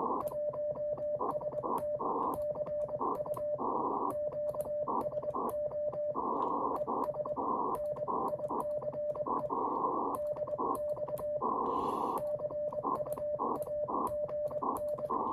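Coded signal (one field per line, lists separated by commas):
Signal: Morse code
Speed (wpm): 22 wpm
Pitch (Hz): 600 Hz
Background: radio noise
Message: 1ST CU QSO ES NICE DX CUAGN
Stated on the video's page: 28 MHz CW contact with a station in Slovakia, sent by a beginner amateur operator.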